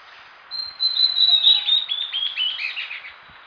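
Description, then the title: Bird song: bright high whistled notes followed by a lively stream of short chirps and warbles stepping lower. "LuckyPassaro Completos2Sama"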